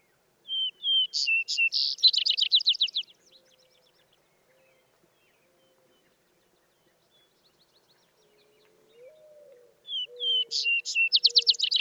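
Vesper sparrow giving two songs several seconds apart, each opening with slurred whistles and ending in a rapid trill; a soft low tone sounds between them.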